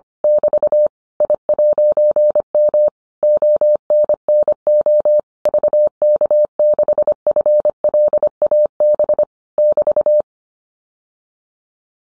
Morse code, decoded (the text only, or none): <BT> I'M ONNO VK6FLAB <BT>